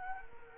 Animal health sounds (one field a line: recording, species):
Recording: mosquito wingbeat signal from an infrared sensor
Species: Culex quinquefasciatus